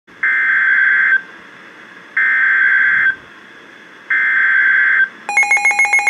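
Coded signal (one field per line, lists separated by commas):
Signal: Emergency Alert System (SAME) tones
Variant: header bursts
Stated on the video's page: Severe thunderstorm warning received from NOAA Weather Radio station.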